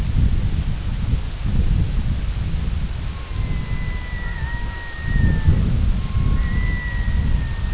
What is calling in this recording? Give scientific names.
Gavia stellata